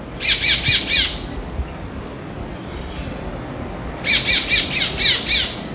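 Jay giving harsh, nasal squawks in two bursts of several quick notes each, separated by a few seconds of steady background noise.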